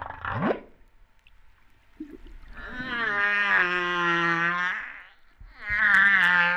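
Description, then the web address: Humpback whale calls: a rising sweep, then long steady harmonic moans, the last one starting abruptly. Recorded at Réunion on 13 September 2011, about 08:35. "autres sons cetaces BB Reunion 13-09-2011"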